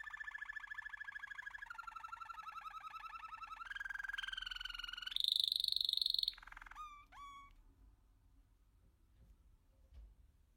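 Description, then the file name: American canary song: long rapid rolling trills near mid-high pitch, shifting in steps, then a brighter high buzzy trill and a few quick downslurred notes before fading out. "canto do canario americano"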